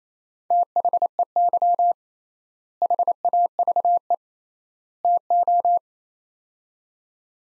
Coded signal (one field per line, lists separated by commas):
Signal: Morse code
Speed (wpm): 28 wpm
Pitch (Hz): 700 Hz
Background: none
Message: THEY HAVE TO